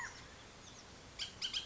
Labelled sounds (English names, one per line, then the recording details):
Bullock's Oriole
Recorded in Sonoma County, California